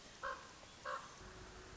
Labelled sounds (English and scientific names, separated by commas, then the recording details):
Common Raven (Corvus corax)
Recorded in Sonoma County, California